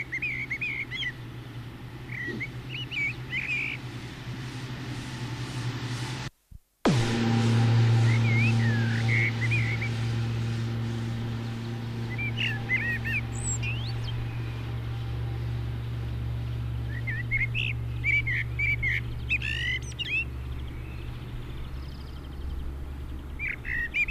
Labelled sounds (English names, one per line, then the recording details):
Common Blackbird song
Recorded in the wild
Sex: male
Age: adult
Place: Garmisch-Partenkirchen, Bayern, DE
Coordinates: 47.4917, 11.0794
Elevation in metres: 703
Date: 1967
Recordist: Tretzel, Erwin